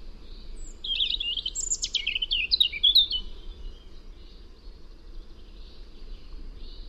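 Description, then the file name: European robin song: a rapid varied phrase of high thin warbles, trills and sharp whistles, then faint bird notes over steady background hiss. "Erithacus rubecula"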